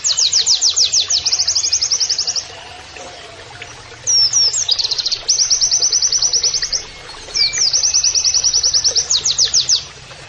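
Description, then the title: White-eye song: high rapid trills of about two seconds each, separated by twittering notes and brief pauses. Masteran (tutor) recording of a gacor (in full song) white-eye singing canary-like (kenarian) phrases in the nembak (rapid, shooting) style. "Pleci Gacor. MASTERAN PLECI NEMBAK KENARIAN"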